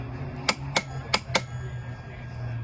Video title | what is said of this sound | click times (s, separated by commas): How to replace dry clutch assembly on a Ducati (748 desmoquattro) | Once you hear that click, it's torqued down to spec, and you're ready to go. | 0.5 s